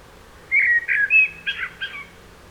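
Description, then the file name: Common blackbird song phrase of several quick fluty whistles, the last notes squeakier, over a quiet background. "Turdus merula"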